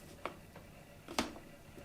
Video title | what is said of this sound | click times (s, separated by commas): SonyRX10IV "What's in the Box???" | you'll hear a pop. | 0.3 s, 1.2 s